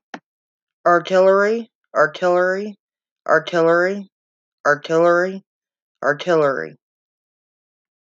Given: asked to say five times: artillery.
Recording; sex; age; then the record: repeated word; female; 30 to 39 years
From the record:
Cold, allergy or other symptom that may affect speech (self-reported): no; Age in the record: 38 years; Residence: Texas, United States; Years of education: 12